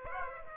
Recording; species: mosquito wingbeat signal from an infrared sensor; Aedes aegypti